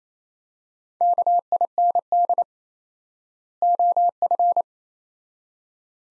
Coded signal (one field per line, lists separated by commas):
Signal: Morse code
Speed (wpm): 27 wpm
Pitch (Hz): 700 Hz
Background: none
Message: KIND OF